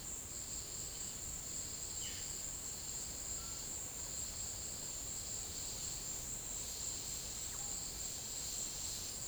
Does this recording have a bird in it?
no